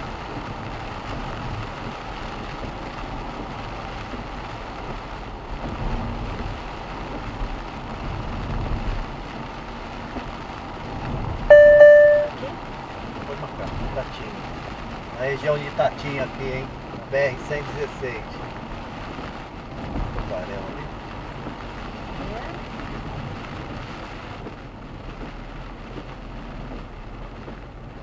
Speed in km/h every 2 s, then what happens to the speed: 72, 70, 68, 65, 63, 62, 61, 59, 57, 55, 51, 50, 45, 41.
0-28 slows to 41.